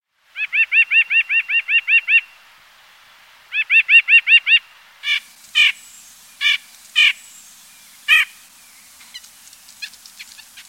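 White-breasted nuthatch giving nasal, harmonic 'yank' notes, first in two quick runs of about ten and six notes, then several spaced single calls and faint softer notes.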